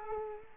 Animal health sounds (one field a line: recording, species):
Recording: mosquito wingbeat signal from an infrared sensor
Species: Culex quinquefasciatus